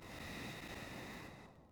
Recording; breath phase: one breath near a microphone; exhalation